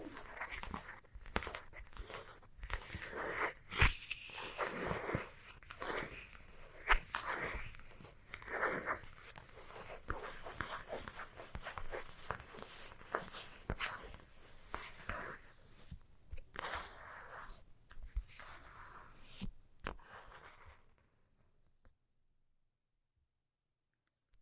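Fast scratching runs in rapid, rough strokes, dense and gritty with sharp clicks and scrapes scattered throughout. The bursts swell and fade unevenly, brightest in the upper middle range. Around twenty-one seconds the scratching stops and silence fills the rest.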